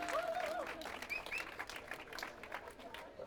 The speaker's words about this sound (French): et ils l'ont fait, on peut les applaudir quand même.